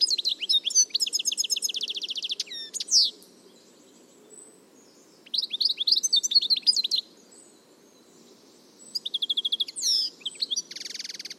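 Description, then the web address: Bird delivering quick, varied high chirps and trills in three bursts, the last ending in a buzzy rattle, over a faint low hum. "Deverinetal"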